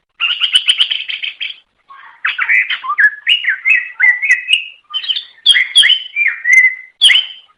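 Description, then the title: Leafbird song opening with a fast rattling trill, then a varied string of whistled slurs and chirps rising and falling in pitch. Bird from Banyuwangi singing loudly and continuously (gacor ngeplong); used to train other birds; national champion bird. "mster Mnuk. Suara Cucak Ijo Banyuwangi Gacor Ngeplong Master. Masteran Cucak Ijo Juara Nasional"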